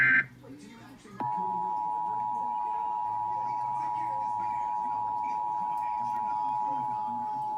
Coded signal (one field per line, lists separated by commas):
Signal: Emergency Alert System (SAME) tones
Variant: 853 and 960 Hz attention tone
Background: speech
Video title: Los Angeles Required Monthly Test EAS #486 493 8 31 21